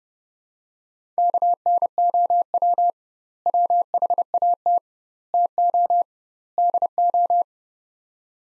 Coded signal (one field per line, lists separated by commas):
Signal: Morse code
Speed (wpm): 32 wpm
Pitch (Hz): 700 Hz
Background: none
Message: KNOW WHAT TO DO